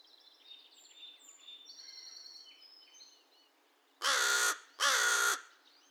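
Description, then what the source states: American crow giving two loud, harsh caws in quick succession near the end, after softer chirping and twittering from other birds in the background. Recorded 2 May 2020; the recording holds 22 caw-caws and one caw.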